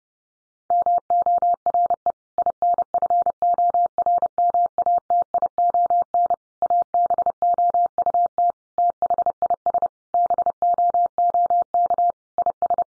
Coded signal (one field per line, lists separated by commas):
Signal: Morse code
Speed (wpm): 28 wpm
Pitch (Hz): 700 Hz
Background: none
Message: MORE INFORMATION ABOUT THIS BOOK IS